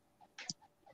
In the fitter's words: excellent pull, excellent snap. You hear that?